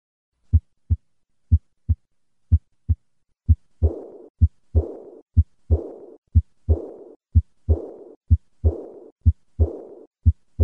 Typical aortic regurgitation. The murmur of aortic regurgitation is a diastolic decrescendo murmur, which is high-pitched in character. This murmur is heard in the third or fourth left intercostal space, with the patient leaning forward.